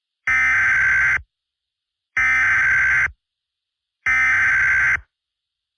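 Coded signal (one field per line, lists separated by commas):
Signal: Emergency Alert System (SAME) tones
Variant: header bursts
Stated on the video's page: Mock Civil Emergency Message EAS alert.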